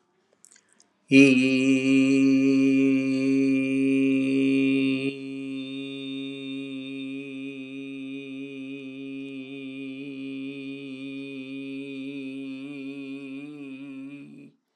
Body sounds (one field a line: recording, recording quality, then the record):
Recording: sustained vowel as in beet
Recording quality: excellent, no background noise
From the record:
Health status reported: healthy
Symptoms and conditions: hypertension, diabetes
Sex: male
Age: 64 years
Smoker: not ticked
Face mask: not worn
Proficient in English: yes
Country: India